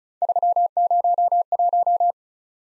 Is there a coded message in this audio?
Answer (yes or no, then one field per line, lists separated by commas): yes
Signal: Morse code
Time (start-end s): 0.2-2.1 s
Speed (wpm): 36 wpm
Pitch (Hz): 700 Hz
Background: none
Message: 301